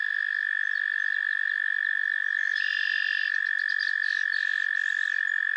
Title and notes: Theraphonia - Frogsong at Miners Marsh. A chorus of frogs croon to one another on an idyllic summer evening in Miners Marsh, Annapolis Valley, Nova Scotia